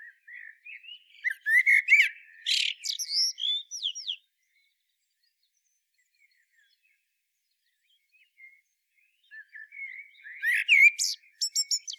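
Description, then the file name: Common blackbird song phrases: a low warble running into scratchy, high twittering, a long quiet gap, then another twittered phrase at the close. "Turdus merula"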